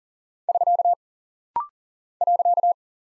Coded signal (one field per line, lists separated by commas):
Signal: Morse code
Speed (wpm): 38 wpm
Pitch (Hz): 700 Hz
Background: none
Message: <SK> .